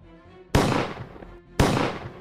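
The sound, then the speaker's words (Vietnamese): Two sharp, loud gunshots ring out about a second apart, each a sudden crack that trails off in a long, rumbling decay. “Hai tiếng súng lần lượt vang lên.”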